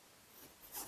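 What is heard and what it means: A blower motor is lined up with the groove on the HVAC blower housing of a Chrysler Town and Country or Dodge Caravan and pushed in. There are quiet rubbing and scraping sounds that grow louder and brighter toward the end, peaking around 0.8 s. Nothing has snapped into place yet, and the three T20 screws are not yet tightened.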